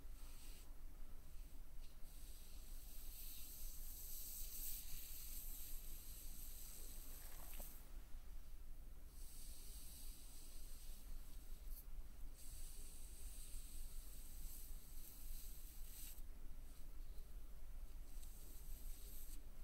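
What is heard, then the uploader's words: Soft makeup brush and feather strokes brush across a surface, sweeping in airy swishes that brighten and fade every few seconds, with longer stretches near the middle and end. A steady low hum sits underneath throughout, even in level. Light touch massage. Makeup brush, feathers.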